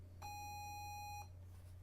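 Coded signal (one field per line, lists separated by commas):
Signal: ZX Spectrum tape loading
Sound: one steady buzzy square-wave tone near 800 Hz, about one second, then stops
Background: low mains hum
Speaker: like so and if i click play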